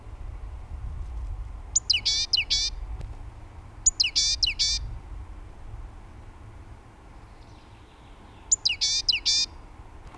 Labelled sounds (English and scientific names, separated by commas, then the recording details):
Great Tit (Parus major) song
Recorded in the wild
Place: Karlstal, Rheinland-Pfalz, DE
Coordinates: 49.3511, 7.75639
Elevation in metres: 350
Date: 1972-03-24
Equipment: Uher 4000
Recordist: Tretzel, Erwin